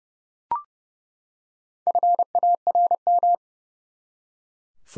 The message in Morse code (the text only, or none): FARM